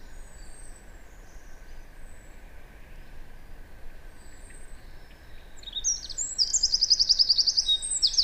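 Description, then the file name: Eurasian wren song: mostly quiet hiss with faint high notes, then near the end a fast, loud, high-pitched trilling phrase bursts in. "Troglodytes troglodytes"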